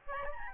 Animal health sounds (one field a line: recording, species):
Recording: mosquito wingbeat signal from an infrared sensor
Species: Aedes albopictus